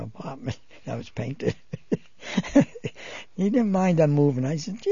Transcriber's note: he laughs